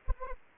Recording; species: mosquito wingbeat signal from an infrared sensor; Anopheles arabiensis